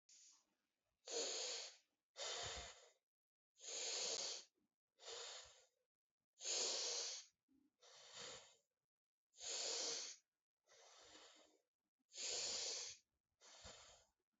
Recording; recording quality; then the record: deep breathing; excellent, no background noise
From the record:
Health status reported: healthy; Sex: male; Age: 23 years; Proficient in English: yes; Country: India